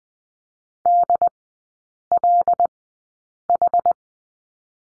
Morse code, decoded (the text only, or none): DLH